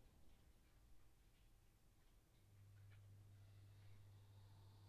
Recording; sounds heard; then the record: poultry house recording; no chicken sound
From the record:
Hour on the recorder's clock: 11